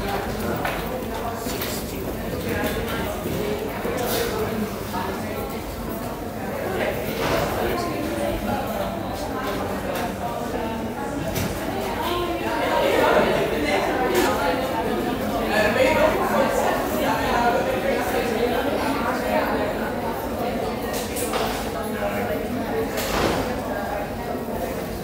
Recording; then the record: background sound without coughing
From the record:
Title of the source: 40 min - Ambience sounds UNIVERSITY lunchroom chatting